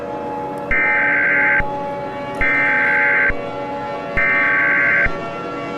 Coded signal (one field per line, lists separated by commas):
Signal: Emergency Alert System (SAME) tones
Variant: header bursts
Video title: Eas Scenario 001 - Attack on the twin towers of 2001